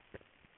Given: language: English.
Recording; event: throat vibration sensor signal played as sound; swallow